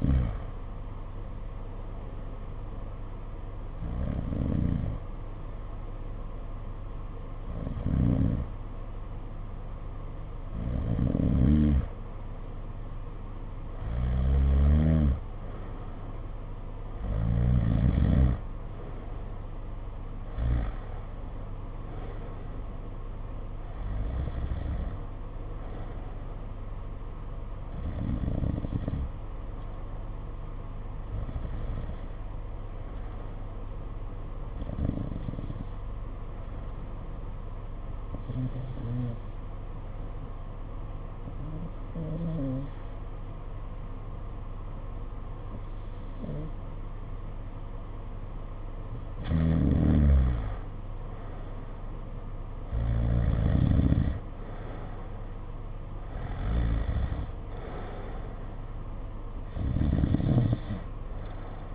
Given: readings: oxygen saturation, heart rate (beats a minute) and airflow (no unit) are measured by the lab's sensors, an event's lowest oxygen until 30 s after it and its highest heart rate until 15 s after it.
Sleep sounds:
breathing in sleep by a smartphone at the bedside; 2
4.00-17.90 s: hypopnea (N1, oxygen 92% highest, then 88% lowest, heart rate 61 at the start, 65 highest)
29.00-61.75 s: new sleep stage, N2 (light sleep)
36.00-50.60 s: hypopnea (N2, oxygen 92% highest, then 86% lowest, heart rate 58 at the start, 63 highest)
From the record:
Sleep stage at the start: N1 (lightest sleep); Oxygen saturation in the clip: 87 to 92%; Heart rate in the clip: 55 to 65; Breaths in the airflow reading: 17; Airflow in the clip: -7.5 to 6.3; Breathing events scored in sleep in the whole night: 476 in 9.7 hours asleep

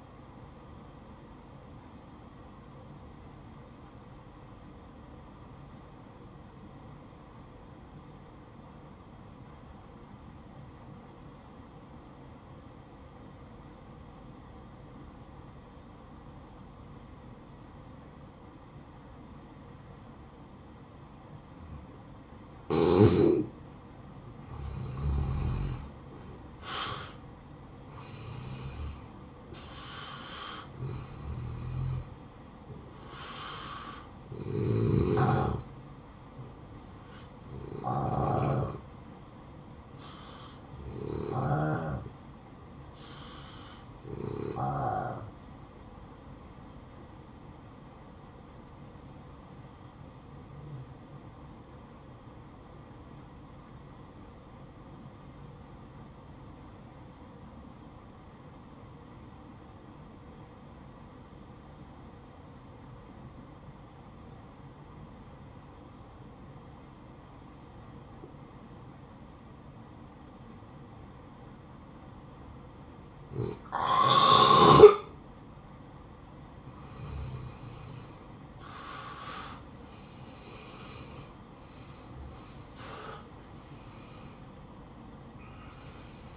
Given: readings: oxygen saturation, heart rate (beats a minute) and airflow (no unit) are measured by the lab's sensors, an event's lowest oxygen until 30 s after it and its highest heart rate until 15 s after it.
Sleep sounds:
breathing in sleep by a smartphone at the bedside; 2
3.00-23.90 s: obstructive apnea (N2, oxygen 95% highest, then 86% lowest, heart rate 69 at the start, 69 highest)
39.00-86.36 s: new sleep stage, N1 (lightest sleep)
44.00-78.60 s: hypopnea (N1, oxygen 95% highest, then 85% lowest, heart rate 56 at the start, 67 highest)
From the record:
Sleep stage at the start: N2 (light sleep); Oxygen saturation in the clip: 86 to 95%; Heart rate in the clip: 54 to 69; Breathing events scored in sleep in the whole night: 573 in 9.8 hours asleep

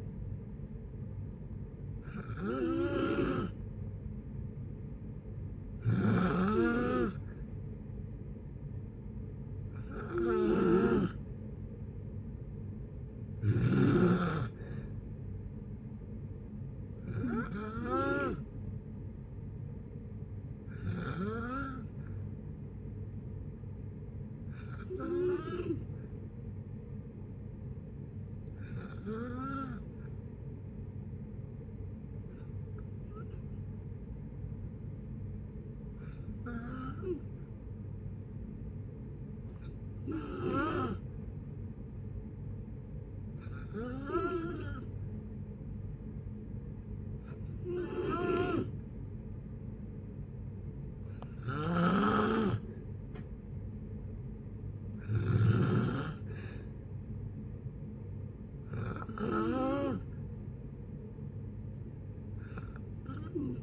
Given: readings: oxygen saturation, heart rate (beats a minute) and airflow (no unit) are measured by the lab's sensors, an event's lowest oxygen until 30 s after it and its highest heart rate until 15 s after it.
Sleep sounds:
breathing in sleep by a smartphone at the bedside; 1
34.00-53.10 s: hypopnea (N2, oxygen 93% highest, then 90% lowest)
From the record:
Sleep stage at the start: N2 (light sleep); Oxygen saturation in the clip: 90 to 93%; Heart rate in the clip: 60 to 69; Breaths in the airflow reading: 17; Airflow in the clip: -8.2 to 6.4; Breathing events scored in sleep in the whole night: 496 in 5.4 hours asleep

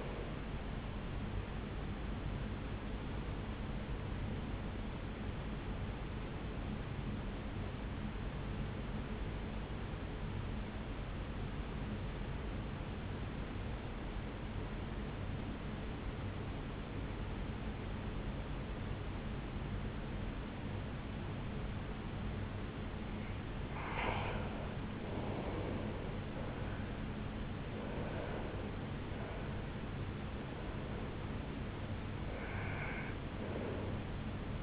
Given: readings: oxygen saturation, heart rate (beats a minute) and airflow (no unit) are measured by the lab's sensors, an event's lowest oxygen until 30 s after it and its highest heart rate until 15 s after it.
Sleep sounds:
breathing in sleep by a voice recorder at the bedside; 1
6.00-24.00 s: obstructive apnea (N1, oxygen 95% highest, then 89% lowest, heart rate 66 at the start, 75 highest)
12.00-34.62 s: new sleep stage, N2 (light sleep)
From the record:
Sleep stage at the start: N1 (lightest sleep); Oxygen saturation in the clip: 90 to 95%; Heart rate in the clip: 62 to 75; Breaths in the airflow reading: 4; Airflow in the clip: -7.5 to 5.9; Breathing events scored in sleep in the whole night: 449 in 7.0 hours asleep

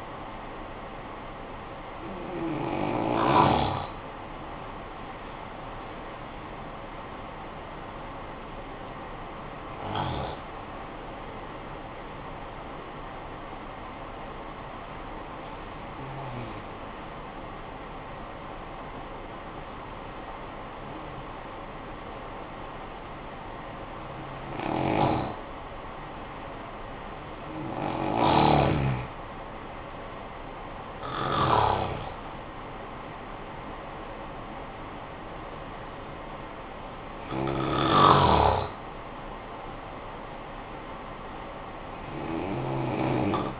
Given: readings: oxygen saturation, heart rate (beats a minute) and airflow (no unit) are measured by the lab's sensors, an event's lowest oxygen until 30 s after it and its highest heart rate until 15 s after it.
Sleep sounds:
breathing in sleep by a voice recorder at the bedside; 1
16.00-32.70 s: hypopnea (N1, oxygen 95% highest, then 90% lowest, heart rate 58 at the start, 69 highest)
From the record:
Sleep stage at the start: N1 (lightest sleep); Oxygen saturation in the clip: 91 to 95%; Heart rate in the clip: 54 to 76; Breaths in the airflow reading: 7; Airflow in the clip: -11.8 to 10.7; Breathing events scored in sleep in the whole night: 445 in 7.6 hours asleep

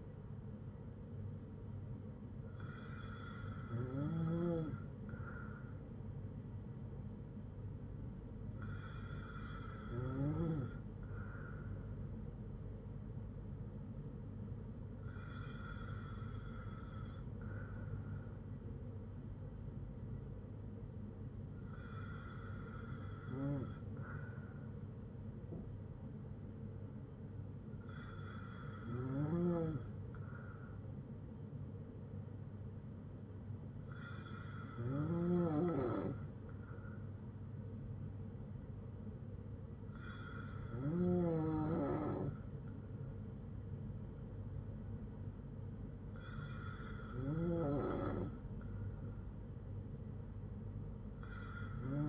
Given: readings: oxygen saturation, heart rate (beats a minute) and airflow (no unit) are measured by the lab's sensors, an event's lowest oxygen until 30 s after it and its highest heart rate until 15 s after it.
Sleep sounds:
breathing in sleep by a smartphone at the bedside; none
none scored
From the record:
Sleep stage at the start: N2 (light sleep); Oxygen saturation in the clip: 94 to 95%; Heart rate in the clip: 57 to 62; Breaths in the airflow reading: 8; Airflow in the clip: -4.8 to 3.4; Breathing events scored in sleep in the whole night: 182 in 7.4 hours asleep

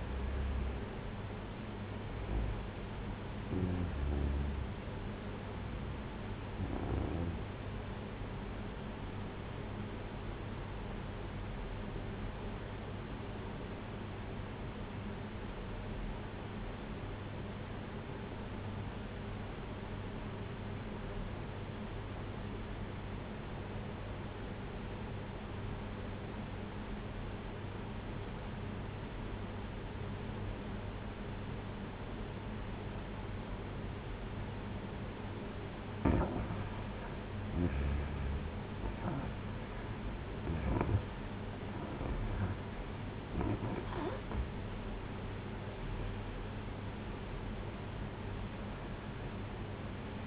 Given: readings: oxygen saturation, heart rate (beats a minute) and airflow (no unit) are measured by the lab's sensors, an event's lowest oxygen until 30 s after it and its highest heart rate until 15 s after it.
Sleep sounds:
breathing in sleep by a voice recorder at the bedside; 1
9.00-36.80 s: obstructive apnea (REM, oxygen 96% highest, then 87% lowest, heart rate 59 at the start, 73 highest)
From the record:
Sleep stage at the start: REM sleep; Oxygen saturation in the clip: 88 to 96%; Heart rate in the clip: 56 to 73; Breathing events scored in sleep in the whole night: 226 in 8.8 hours asleep

